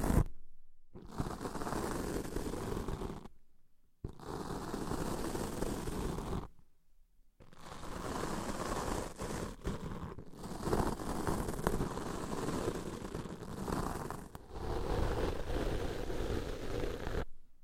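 Deep ear cleaning produces dense, rumbling scraping in long bursts, broken by four short silent gaps near one, three, six and fourteen seconds.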